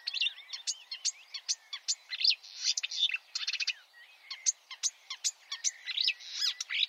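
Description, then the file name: Marsh warbler in continuous rapid song, mixing sharp chips, harsh chattering bursts and slurred notes with barely a pause. "suara-kicauan-burung-marsh-warbler -omkicau"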